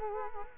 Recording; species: mosquito wingbeat signal from an infrared sensor; Culex quinquefasciatus